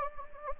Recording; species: mosquito wingbeat signal from an infrared sensor; Anopheles gambiae